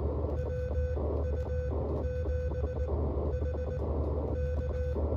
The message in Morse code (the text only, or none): WU7H K